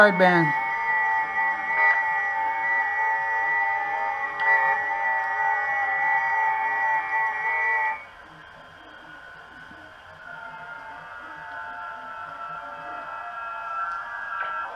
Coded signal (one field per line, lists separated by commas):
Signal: FT8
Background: speech